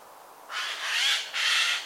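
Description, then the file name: Eurasian jay with a pair of hoarse, tearing screeches, the first swelling gradually, the second following closely after a brief gap. "Garrulus glandarius"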